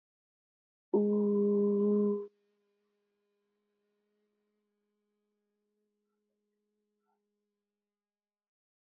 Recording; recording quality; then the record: sustained vowel as in boot; excellent, no background noise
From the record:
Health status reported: healthy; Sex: female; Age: 25 years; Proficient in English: yes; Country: India